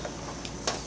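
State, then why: Not seated. A RAM memory module is handled at a motherboard DIMM slot, with soft handling noise and two brief ticks at about 0.5 s and 0.7 s over a steady low background hum. Nothing has seated or clicked yet; the clip ends before the stick is pressed home and the retaining clips close.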